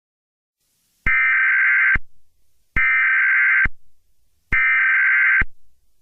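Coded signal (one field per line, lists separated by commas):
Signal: Emergency Alert System (SAME) tones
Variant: header bursts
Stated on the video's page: Fictional EAS scenario about an amethyst-like tornado.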